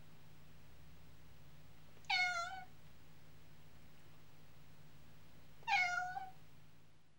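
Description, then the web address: Cat miaowing twice, each a drawn-out falling meow about three and a half seconds apart, over a low steady hum. "The BBC Sound Effects Library - Complete 60 CDs Collection Sound Effects Library (Animals Birds) Cat miaowing"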